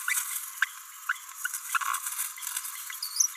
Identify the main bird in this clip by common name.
Green-rumped Parrotlet